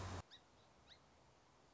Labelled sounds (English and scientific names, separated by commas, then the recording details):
Song Sparrow (Melospiza melodia)
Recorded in Sonoma County, California